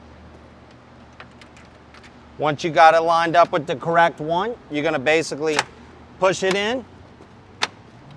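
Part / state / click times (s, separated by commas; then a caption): chrome grille trim piece clipping onto the truck's front grille / seated / 7.6 s. A chrome replacement grille trim piece for a 2021–23 GMC Yukon, Yukon XL or Sierra, with its foam protective pieces removed, is lined up with the correct mounting spot on the truck's existing front grille and pushed in. Someone talks through most of the clip, with a few faint ticks early on. At 7.6 s the piece's plastic clip snaps into place with one sharp snap, and the trim is seated.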